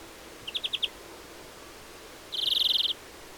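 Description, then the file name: European greenfinch giving a short series of five chipping notes, then a fast buzzy trill of rapid pulses lasting about half a second. "Chloris chloris"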